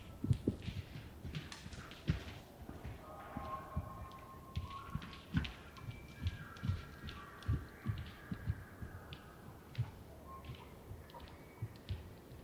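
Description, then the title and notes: Elk giving drawn-out whistled bugles beneath a busy run of low thuds and hoof-like knocks, the tones steady and held for several seconds. Bull elk roaring closer and far during the rut, morning of September 18, Colockum Wildlife Area; galloping; males vocal just before hunting season. "Elk Bull Roars Closer And Far With Challenges, Galloping, And Clashing Antlers. morning of September 18, starting pre-dawn. It was rutting season in the Colockum Wildlife area"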